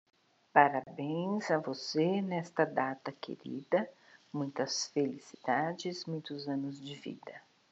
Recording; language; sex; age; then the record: short text; Brazilian Portuguese; female; 50 to 59 years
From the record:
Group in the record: control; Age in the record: 56 years